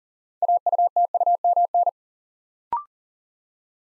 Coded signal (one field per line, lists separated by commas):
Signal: Morse code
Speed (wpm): 39 wpm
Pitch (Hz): 700 Hz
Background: none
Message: AUTUMN